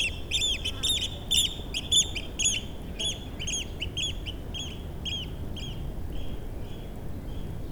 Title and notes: Hovedgade 1L, 3730 Nexø, Denmark - Flying oystercatcher. Flying oystercatcher, passing in front of recorders. Low mud sound. Passage d’huîtrier pie. Faible bruit de vase